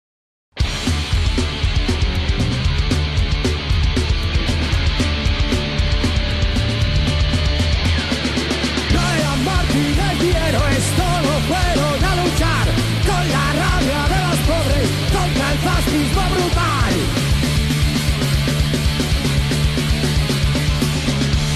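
A loud punk rock song with dense, distorted guitars and pounding drums that runs nonstop, with raw vocals joining the music about halfway through.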